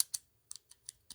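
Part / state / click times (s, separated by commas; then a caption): emergency key blade into key fob / not seated / none. The metal emergency key blade of a Mercedes-Benz GLE 53 AMG key fob is slid back into the plastic fob after a battery swap. A series of short, sharp clicks is heard along the way. The blade has not seated yet when the clip ends.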